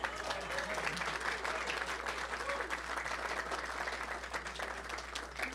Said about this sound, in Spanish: ¡Viva el coro! Excelentes exponentes de la música, orgullo de Veracruz. Bravo. Sí, al aplauso, por favor.